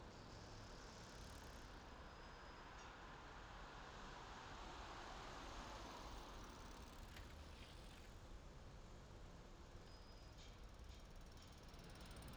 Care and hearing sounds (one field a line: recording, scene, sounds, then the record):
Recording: everyday scene through a hearing-aid microphone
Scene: in traffic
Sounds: traffic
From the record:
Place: main city hub, rush hour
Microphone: in the ear canal, left